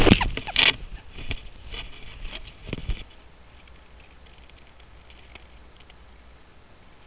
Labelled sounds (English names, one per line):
Western Jackdaw call